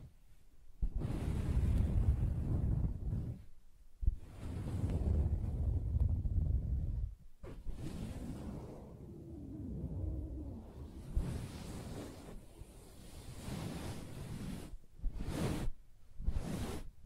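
Soft fabric being rubbed and scratched in long dense bursts separated by brief pauses, with a few sharp taps near the end.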